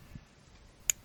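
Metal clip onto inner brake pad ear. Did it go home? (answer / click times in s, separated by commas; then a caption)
yes / 0.9 s. A second metal clip is pushed onto the top ear of the inner front brake pad on a 2014–2018 Toyota Corolla during a brake pad and rotor replacement. After a faint low thud near the start, a single sharp, bright metallic click comes at 0.9 s as the clip snaps into place. The clip is seated.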